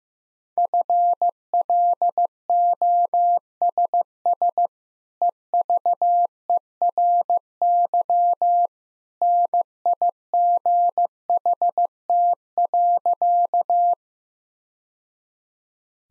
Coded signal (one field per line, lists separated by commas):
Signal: Morse code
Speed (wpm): 15 wpm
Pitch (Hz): 700 Hz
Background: none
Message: FLOSS EVERY NIGHT.